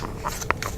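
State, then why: Seated. A second plastic tab of a transforming toy figure is pushed into its slot, giving one sharp click at 0.5 s, and the tab clicks into place. Fainter ticks are heard around it, and someone talks.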